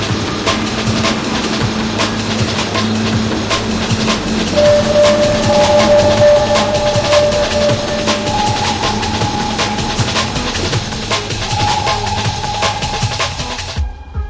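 A metro train rolls along the rails with a loud, steady rumble, scattered clacks over the track joints, and a thin electric whine that climbs in pitch in steps before the sound cuts off.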